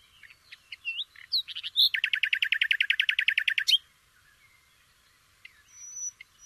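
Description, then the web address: Nightingale song, a few varied whistles and chirps leading into a loud fast series of repeated buzzy notes lasting about two seconds, then quiet. "shamanippon-2012 Nightingale"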